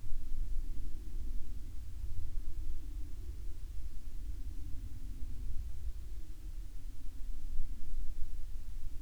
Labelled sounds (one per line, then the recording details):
aircraft
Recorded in the Prudhoe Bay oil fields, Alaska, on 30 July 2019 at 18:59
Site 14